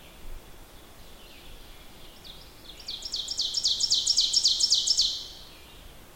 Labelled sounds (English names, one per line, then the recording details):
Ovenbird song
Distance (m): 25 m
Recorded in boreal forest in Alberta, Canada, on 14 June 2016 at 06:36
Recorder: SongMeter 3, array SBT-3-33
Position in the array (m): 127 m, 36 m
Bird 21